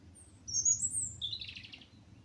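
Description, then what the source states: Bird song: one high thin whistle followed by a short buzzy trill lower down, over faint low rumble. Recorded at Olesa de Bonesvalls.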